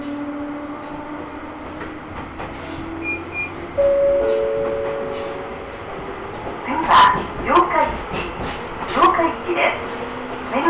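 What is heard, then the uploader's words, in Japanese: A ride on the Ohmi Railway, with a steady low rumble and a few held motor-like whines that shift pitch around the fourth second. From about seven seconds, sharp clanks and bright squeals cluster together, then ease off near the end. 近江鉄道 高宮→彦根→八日市。高宮での待ち時間が長いこともあって一旦彦根まで戻り、再び本線に戻って八日市へと向かいます。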